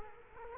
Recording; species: mosquito wingbeat signal from an infrared sensor; Culex quinquefasciatus